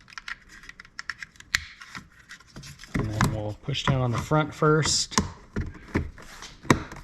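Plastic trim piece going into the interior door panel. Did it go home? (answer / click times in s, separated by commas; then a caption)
yes / 6.7 s. A plastic trim piece on the front door of a 2022 Tundra is pushed down at the front into the interior door panel while someone talks over scattered light taps and handling clicks. A sharp click at 6.7 s marks the trim piece seating into place.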